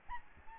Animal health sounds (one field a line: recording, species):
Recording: mosquito wingbeat signal from an infrared sensor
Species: Aedes albopictus